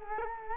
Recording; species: mosquito wingbeat signal from an infrared sensor; Culex quinquefasciatus